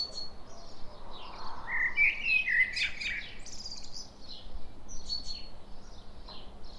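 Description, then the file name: Common blackbird gives a single short warbled phrase with a high scratchy ending, other birds twittering faintly around it. "Turdus merula"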